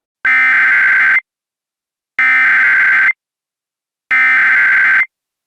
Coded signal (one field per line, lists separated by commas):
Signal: Emergency Alert System (SAME) tones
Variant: header bursts